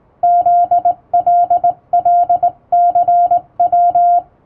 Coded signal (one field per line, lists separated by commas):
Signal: Morse code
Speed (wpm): 20 wpm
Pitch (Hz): 700 Hz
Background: music, radio noise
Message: ZLLCW